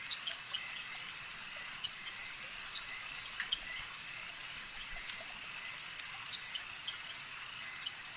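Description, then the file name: Insects in a swarm, producing a continuous high whirring band with irregular sharp ticks and short chirps scattered across it. "Elijah Wagner - Relaxing Insect Swarm Ambience"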